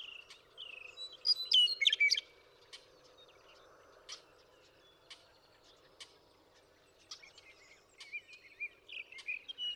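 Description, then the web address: Western meadowlark song: a loud, tumbling phrase of mixed whistles near the start, then quieter sporadic chirps over a low, steady background hum. "birdsongforthecurious Western Meadowlark"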